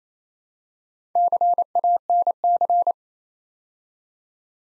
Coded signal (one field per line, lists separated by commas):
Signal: Morse code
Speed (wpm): 27 wpm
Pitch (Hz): 700 Hz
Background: none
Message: CANC